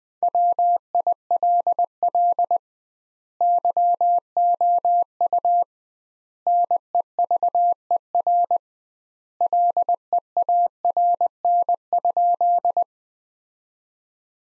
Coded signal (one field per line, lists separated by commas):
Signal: Morse code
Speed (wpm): 20 wpm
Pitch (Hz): 700 Hz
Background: none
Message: WILL YOU NEVER LEARN?